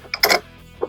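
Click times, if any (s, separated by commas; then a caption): 0.1 s, 0.2 s. On a Rascal Venture 3-wheel portable mobility scooter, the locking pin snaps into the adjustable seat post, set to the tallest of its four height positions for a tall rider, with the holes lined up. Sharp metallic clicks come at 0.1 s and 0.2 s, followed by a brief rattle around 0.3 s and a softer knock at 0.8 s. The pin is locked into place and the seat post is seated.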